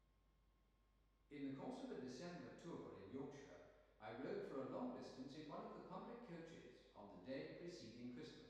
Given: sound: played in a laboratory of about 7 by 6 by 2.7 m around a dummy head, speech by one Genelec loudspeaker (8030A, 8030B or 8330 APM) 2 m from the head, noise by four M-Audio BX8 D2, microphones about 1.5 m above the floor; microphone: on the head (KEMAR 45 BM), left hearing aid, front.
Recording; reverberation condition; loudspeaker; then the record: male speech in English; high; 150 degrees to the right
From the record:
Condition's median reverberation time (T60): about 1300 ms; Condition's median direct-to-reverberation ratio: about -4.0 dB